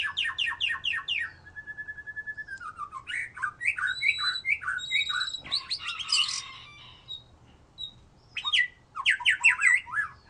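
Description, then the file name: White-rumped shama song: quick repeated chip notes, a long level whistle, then tumbling slurred whistles and scratchy phrases ending in a fresh burst. "murai batu"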